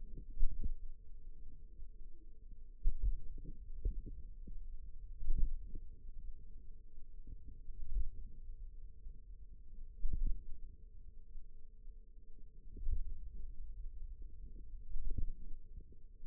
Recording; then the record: forearm muscle sounds (acoustic myography)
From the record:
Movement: pen grasping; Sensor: system 2, bracelet of six BSWA MPA416 microphones around the upper forearm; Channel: 4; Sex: female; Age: 22 years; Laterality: right